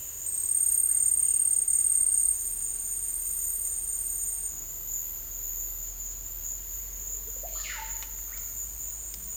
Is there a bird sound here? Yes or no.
yes